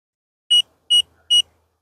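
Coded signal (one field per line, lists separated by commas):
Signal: beep code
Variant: Mopeka Pro Plus sensor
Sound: three quick high-pitched beeps, evenly spaced, about 0.1 seconds each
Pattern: 3 short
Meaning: Sensor has power and is communicating through the cellular network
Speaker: when it connects you'll come back with three quick beeps letting me know it's now talking to the mopeka back system there we've heard our three beeps and we know that the sensor has now got power and communicating through the cellular network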